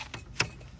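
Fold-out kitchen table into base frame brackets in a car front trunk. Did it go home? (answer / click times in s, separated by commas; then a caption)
yes / 0.4 s. A fold-out kitchen table with its two legs extended is pushed into the mounting brackets on the base frame in a car's front trunk. A softer tick at 0.1 s is followed by a sharp click at 0.4 s as it snaps home. The table is locked in and secure.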